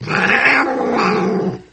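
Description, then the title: Cat giving one drawn-out, harsh, growly meow lasting under two seconds and trailing off at the end. "kucingku"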